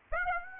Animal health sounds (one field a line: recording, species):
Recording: mosquito wingbeat signal from an infrared sensor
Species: Aedes aegypti